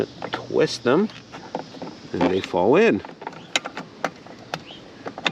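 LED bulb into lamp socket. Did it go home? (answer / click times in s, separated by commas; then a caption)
yes / 3.6 s. A 4WDKING LED bulb for a Lincoln Town Car is twisted about an eighth of a turn into its headlight or lamp socket while someone talks. It clicks and locks in place at 3.6 s, followed by a few more light clicks and taps as the fit is checked. The bulb is seated and does not fall out.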